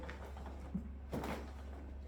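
A fabric cover clip on a Britax Galaxy 360 Slim child car seat is handled as the plastic piece behind it is pushed down to lock the clip into the seat shell. Faint rustling and soft handling bumps around 0.8 s and 1.2 s sit over a steady low hum. Nothing has seated or clicked yet.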